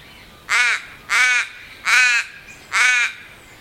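Crow giving four loud, hoarse caws spaced under a second apart, each harsh and even, with a quiet background.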